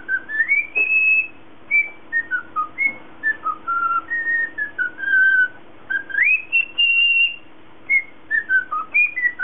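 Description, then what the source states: Cockatiel whistling continuously, with rising slurred notes, held tones and quick falling whistles in a lively sequence; low background hum. Lutino colour variety.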